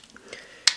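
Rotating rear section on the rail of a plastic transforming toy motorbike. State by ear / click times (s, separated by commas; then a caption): seated / 0.7 s. A rear section of a plastic transforming toy motorbike is rotated around its rail, with a few faint plastic ticks along the way. A loud, sharp click at 0.7 s marks the part locking into place.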